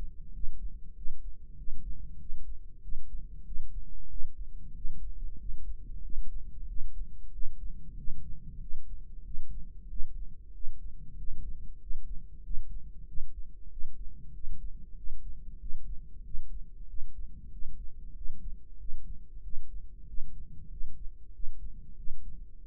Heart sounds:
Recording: heart sounds by microphone in the right ear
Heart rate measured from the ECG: 94 bpm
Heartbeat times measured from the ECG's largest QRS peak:
0.35 s: heartbeat
0.97 s: heartbeat
1.59 s: heartbeat
2.21 s: heartbeat
2.84 s: heartbeat
3.47 s: heartbeat
4.11 s: heartbeat
4.76 s: heartbeat
5.41 s: heartbeat
6.05 s: heartbeat
6.70 s: heartbeat
7.34 s: heartbeat
7.99 s: heartbeat
8.62 s: heartbeat
9.26 s: heartbeat
9.91 s: heartbeat
10.55 s: heartbeat
11.19 s: heartbeat
11.82 s: heartbeat
12.45 s: heartbeat
13.09 s: heartbeat
13.72 s: heartbeat
14.35 s: heartbeat
14.98 s: heartbeat
15.61 s: heartbeat
16.26 s: heartbeat
16.90 s: heartbeat
17.53 s: heartbeat
18.17 s: heartbeat
18.81 s: heartbeat
19.45 s: heartbeat
20.09 s: heartbeat
20.72 s: heartbeat
21.35 s: heartbeat
21.99 s: heartbeat
22.62 s: heartbeat
From the record:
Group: healthy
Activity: rest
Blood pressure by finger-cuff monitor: 129/71 mmHg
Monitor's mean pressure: 89 mmHg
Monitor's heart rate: 94 bpm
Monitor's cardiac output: 8 L/min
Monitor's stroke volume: 85 mL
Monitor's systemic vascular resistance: 810 dyn s/cm5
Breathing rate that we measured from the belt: 20 breaths a minute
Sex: male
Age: 21 years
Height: 175 cm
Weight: 72.6 kg

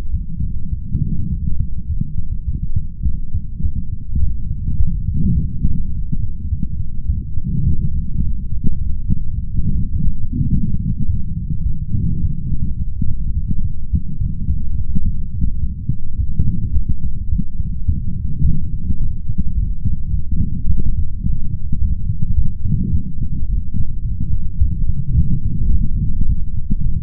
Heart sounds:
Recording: heart sounds by stethoscope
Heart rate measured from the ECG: 106 bpm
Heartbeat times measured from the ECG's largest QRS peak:
0.12 s: heartbeat
0.70 s: heartbeat
1.29 s: heartbeat
1.87 s: heartbeat
2.45 s: heartbeat
3.03 s: heartbeat
3.62 s: heartbeat
4.19 s: heartbeat
4.77 s: heartbeat
5.35 s: heartbeat
5.92 s: heartbeat
6.49 s: heartbeat
7.07 s: heartbeat
7.64 s: heartbeat
8.21 s: heartbeat
8.78 s: heartbeat
9.35 s: heartbeat
9.92 s: heartbeat
10.49 s: heartbeat
11.06 s: heartbeat
11.64 s: heartbeat
12.21 s: heartbeat
12.77 s: heartbeat
13.34 s: heartbeat
13.91 s: heartbeat
14.47 s: heartbeat
15.04 s: heartbeat
15.60 s: heartbeat
16.17 s: heartbeat
16.73 s: heartbeat
17.29 s: heartbeat
17.86 s: heartbeat
18.42 s: heartbeat
18.98 s: heartbeat
19.55 s: heartbeat
20.11 s: heartbeat
20.67 s: heartbeat
21.23 s: heartbeat
21.79 s: heartbeat
22.35 s: heartbeat
22.91 s: heartbeat
23.47 s: heartbeat
24.03 s: heartbeat
24.59 s: heartbeat
25.15 s: heartbeat
25.71 s: heartbeat
26.27 s: heartbeat
26.82 s: heartbeat
From the record:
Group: healthy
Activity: light exercise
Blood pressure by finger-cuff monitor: 170/129 mmHg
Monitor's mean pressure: 143 mmHg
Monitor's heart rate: 105 bpm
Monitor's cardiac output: 4.3 L/min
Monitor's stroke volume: 40 mL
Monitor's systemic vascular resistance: 2580 dyn s/cm5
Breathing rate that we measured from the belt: 9 breaths a minute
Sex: male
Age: 55 years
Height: 167 cm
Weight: 57.2 kg

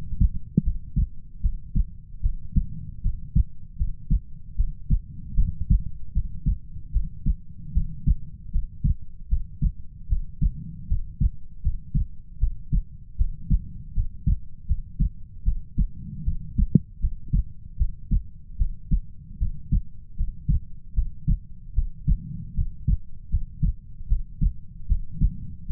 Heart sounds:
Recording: heart sounds by stethoscope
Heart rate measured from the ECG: 77 bpm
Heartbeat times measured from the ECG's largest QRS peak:
0.62 s: heartbeat
1.40 s: heartbeat
2.21 s: heartbeat
3.01 s: heartbeat
3.76 s: heartbeat
4.55 s: heartbeat
5.35 s: heartbeat
6.12 s: heartbeat
6.91 s: heartbeat
7.72 s: heartbeat
8.51 s: heartbeat
9.28 s: heartbeat
10.07 s: heartbeat
10.87 s: heartbeat
11.61 s: heartbeat
12.38 s: heartbeat
13.16 s: heartbeat
13.93 s: heartbeat
14.66 s: heartbeat
15.43 s: heartbeat
16.23 s: heartbeat
16.99 s: heartbeat
17.76 s: heartbeat
18.57 s: heartbeat
19.38 s: heartbeat
20.15 s: heartbeat
20.93 s: heartbeat
21.73 s: heartbeat
22.54 s: heartbeat
23.29 s: heartbeat
24.07 s: heartbeat
24.87 s: heartbeat
25.66 s: heartbeat
From the record:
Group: healthy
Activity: cold pressor test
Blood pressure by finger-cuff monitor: 92/59 mmHg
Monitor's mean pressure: 71 mmHg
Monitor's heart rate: 77 bpm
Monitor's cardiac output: 6.8 L/min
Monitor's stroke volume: 88 mL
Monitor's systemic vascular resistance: 760 dyn s/cm5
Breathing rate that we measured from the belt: 21 breaths a minute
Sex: female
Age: 19 years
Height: 163 cm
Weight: 48.9 kg

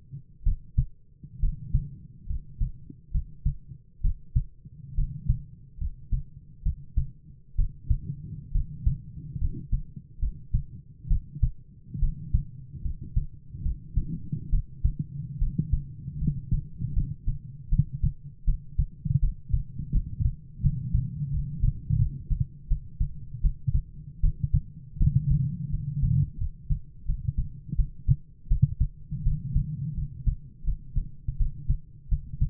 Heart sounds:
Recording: heart sounds by stethoscope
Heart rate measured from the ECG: 76 bpm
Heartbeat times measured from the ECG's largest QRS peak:
0.43 s: heartbeat
1.39 s: heartbeat
2.26 s: heartbeat
3.11 s: heartbeat
4.00 s: heartbeat
4.94 s: heartbeat
5.77 s: heartbeat
6.62 s: heartbeat
7.55 s: heartbeat
8.51 s: heartbeat
9.37 s: heartbeat
10.18 s: heartbeat
11.07 s: heartbeat
11.98 s: heartbeat
12.81 s: heartbeat
13.61 s: heartbeat
14.49 s: heartbeat
15.38 s: heartbeat
16.18 s: heartbeat
16.92 s: heartbeat
17.68 s: heartbeat
18.44 s: heartbeat
19.19 s: heartbeat
19.91 s: heartbeat
20.60 s: heartbeat
21.30 s: heartbeat
21.97 s: heartbeat
22.67 s: heartbeat
23.40 s: heartbeat
24.20 s: heartbeat
24.97 s: heartbeat
25.69 s: heartbeat
26.37 s: heartbeat
27.05 s: heartbeat
27.75 s: heartbeat
28.47 s: heartbeat
29.22 s: heartbeat
29.93 s: heartbeat
30.63 s: heartbeat
31.36 s: heartbeat
32.08 s: heartbeat
From the record:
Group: healthy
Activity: rest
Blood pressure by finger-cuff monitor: 104/60 mmHg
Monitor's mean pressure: 70 mmHg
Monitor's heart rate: 72 bpm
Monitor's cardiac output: 7.5 L/min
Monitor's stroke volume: 106 mL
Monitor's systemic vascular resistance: 670 dyn s/cm5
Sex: male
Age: 22 years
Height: 185 cm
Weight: 112.4 kg

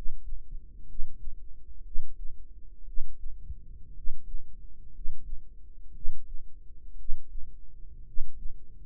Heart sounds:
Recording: heart sounds by microphone in the right ear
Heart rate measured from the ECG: 58 bpm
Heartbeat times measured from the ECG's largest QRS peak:
0.84 s: heartbeat
1.81 s: heartbeat
2.83 s: heartbeat
3.91 s: heartbeat
4.89 s: heartbeat
5.91 s: heartbeat
6.94 s: heartbeat
8.02 s: heartbeat
From the record:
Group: healthy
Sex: male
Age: 25 years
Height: 170 cm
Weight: 70.4 kg

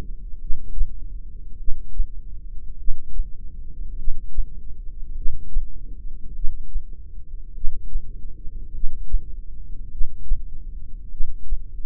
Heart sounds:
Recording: heart sounds by microphone in the left ear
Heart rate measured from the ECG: 50 bpm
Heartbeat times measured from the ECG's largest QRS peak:
0.41 s: heartbeat
1.59 s: heartbeat
2.79 s: heartbeat
3.98 s: heartbeat
5.17 s: heartbeat
6.36 s: heartbeat
7.55 s: heartbeat
8.74 s: heartbeat
9.92 s: heartbeat
11.12 s: heartbeat
From the record:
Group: heart failure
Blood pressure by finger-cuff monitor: 110/62 mmHg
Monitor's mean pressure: 78 mmHg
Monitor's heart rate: 51 bpm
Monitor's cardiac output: 4.5 L/min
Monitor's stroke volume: 89 mL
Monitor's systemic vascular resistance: 1270 dyn s/cm5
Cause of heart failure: cardiac sarcoid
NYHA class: 1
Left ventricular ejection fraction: 39%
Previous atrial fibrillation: present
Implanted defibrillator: present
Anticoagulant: apixaban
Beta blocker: carvedilol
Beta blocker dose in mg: 50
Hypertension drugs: ramipril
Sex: male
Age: 79 years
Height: 184 cm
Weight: 92.5 kg

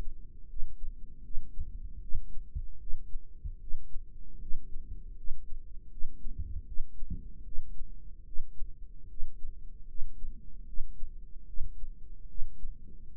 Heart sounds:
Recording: heart sounds by microphone in the right ear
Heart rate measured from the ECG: 76 bpm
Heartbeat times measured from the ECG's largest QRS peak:
0.47 s: heartbeat
1.23 s: heartbeat
2.00 s: heartbeat
2.79 s: heartbeat
3.59 s: heartbeat
4.39 s: heartbeat
5.15 s: heartbeat
5.89 s: heartbeat
6.65 s: heartbeat
7.44 s: heartbeat
8.25 s: heartbeat
9.08 s: heartbeat
9.86 s: heartbeat
10.65 s: heartbeat
11.46 s: heartbeat
12.27 s: heartbeat
13.09 s: heartbeat
From the record:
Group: healthy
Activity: rest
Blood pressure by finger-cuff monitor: 157/102 mmHg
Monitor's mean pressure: 121 mmHg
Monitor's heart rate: 77 bpm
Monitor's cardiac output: 4.8 L/min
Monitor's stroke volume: 63 mL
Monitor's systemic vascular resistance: 1880 dyn s/cm5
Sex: female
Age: 51 years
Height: 162 cm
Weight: 70.04 kg

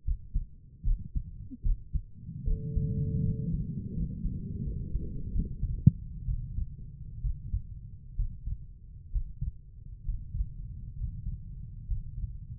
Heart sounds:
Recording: heart sounds by stethoscope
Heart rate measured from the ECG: 71 bpm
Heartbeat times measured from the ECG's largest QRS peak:
0.05 s: heartbeat
0.85 s: heartbeat
1.64 s: heartbeat
2.45 s: heartbeat
3.23 s: heartbeat
3.94 s: heartbeat
4.64 s: heartbeat
5.32 s: heartbeat
6.27 s: heartbeat
7.22 s: heartbeat
8.17 s: heartbeat
9.12 s: heartbeat
10.05 s: heartbeat
10.97 s: heartbeat
11.87 s: heartbeat
From the record:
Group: healthy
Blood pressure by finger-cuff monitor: 93/59 mmHg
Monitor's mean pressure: 71 mmHg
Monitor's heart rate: 65 bpm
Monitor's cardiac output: 5.3 L/min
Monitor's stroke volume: 74 mL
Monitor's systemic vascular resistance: 810 dyn s/cm5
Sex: female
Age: 22 years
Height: 163 cm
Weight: 67.1 kg

